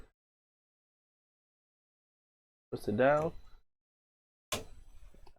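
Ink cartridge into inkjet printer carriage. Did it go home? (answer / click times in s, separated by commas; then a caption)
yes / 4.5 s. A sublimation ink cartridge is pushed down into the carriage of an Epson WF-7710 inkjet printer. Someone talks briefly, then a sharp snap at 4.5 s marks the cartridge seating fully home.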